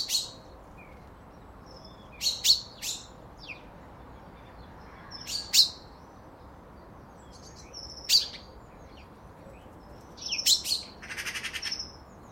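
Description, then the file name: Common chaffinch calls, clipped high notes in small clusters with gaps of a few seconds, plus a brief buzzy rattling burst near the end. "Fringilla coelebs"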